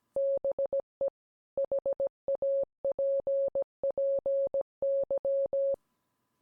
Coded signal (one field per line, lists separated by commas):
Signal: Morse code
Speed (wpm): 17 wpm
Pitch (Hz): 550 Hz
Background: none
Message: BE HAPPY